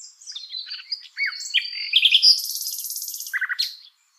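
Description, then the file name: Common nightingale delivering a continuous phrase: long thin whistles, quick slurred notes, then a sustained high buzzing trill and a few lower notes. "Luscinia megarhynchos"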